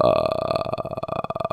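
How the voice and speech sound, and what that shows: An adult voice deliberately producing vocal fry (creaky voice): a low, irregular train of small crackles as air passes through the glottis, with the vocal folds pressed fairly tightly together. Controlling these crackles shows control of the exhaled air.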